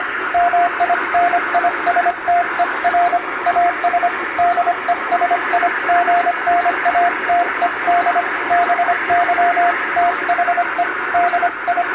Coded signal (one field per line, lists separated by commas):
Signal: Morse code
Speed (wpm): 25 wpm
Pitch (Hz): 700 Hz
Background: radio noise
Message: MINISTER AS DESIGNATED BY THE DI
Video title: ノイズに埋もれるモールス符号を受信してみよう！昔なつかしい短波の雑音に埋もれていたＣＷを聞いて昭和を思い出そう！ハムの受信練習にも(morse practice for radio operator)